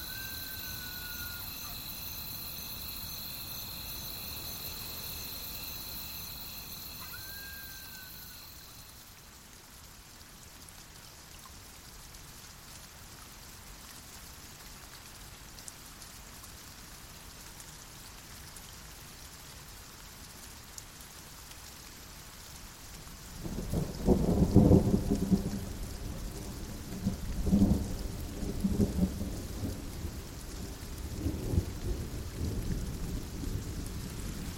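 A wild outdoor scene: for the first eight seconds a high steady insect whine and bright buzzing bands sit over a soft hiss, with two short rising-falling calls. Then quieter rain-like hiss, until rumbling thunder rolls in around 23 seconds and continues in bursts.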